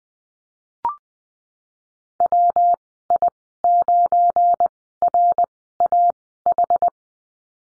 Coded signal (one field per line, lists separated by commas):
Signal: Morse code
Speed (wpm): 20 wpm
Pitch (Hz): 700 Hz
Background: none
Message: WI9RAH